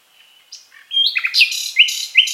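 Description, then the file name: Common nightingale song: soft whistled notes, then a loud run of sharp, slurred phrases, some repeated, rich and varied. "Luscinia megarhynchos"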